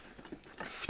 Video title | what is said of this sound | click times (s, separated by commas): Odkurzacz Electrolux D730 (1982) | O, już zaskoczył. | 0.9 s